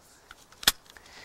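After a strip of long, attached staples is loaded, the magazine of a pneumatic staple gun is closed and latches into place with one sharp, loud click at 0.7 s. Fainter clicks and taps come at about 0.3, 0.5, 0.9 and 1.0 s. The magazine is shut and seated.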